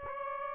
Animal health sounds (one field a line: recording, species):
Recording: mosquito wingbeat signal from an infrared sensor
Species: Aedes aegypti